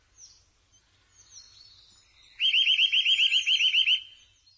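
Bird call: faint thin whistles, then a loud fast trill of repeated looping notes lasting about one and a half seconds.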